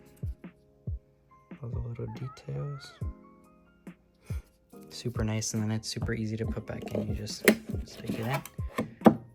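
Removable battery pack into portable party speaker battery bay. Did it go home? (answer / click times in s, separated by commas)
yes / 9.1 s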